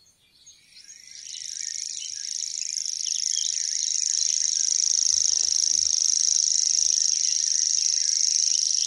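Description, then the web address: Common grasshopper warbler reel fading in after a quiet second, then swelling into a sustained, sibilant, insect-like high trill that runs on evenly. "fuglelyder gresshoppesanger"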